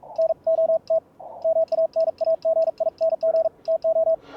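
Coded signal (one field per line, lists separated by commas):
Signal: Morse code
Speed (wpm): 48 wpm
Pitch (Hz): 660 Hz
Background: radio noise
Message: NOT MANAGING TO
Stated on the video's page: Fast QRQ CW recorded on a scheduled contact between two operators.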